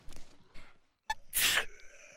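A woman's single ordinary sneeze: two quick catching inhalations, a brief held pause, then a sharp voiced onset and a loud hissing blast lasting about a third of a second, with a faint airy trail afterward.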